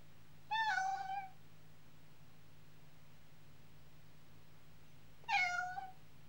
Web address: The BBC Sound Effects Library - Complete 60 CDs Collection Sound Effects Library (Animals Birds) Cat miaowing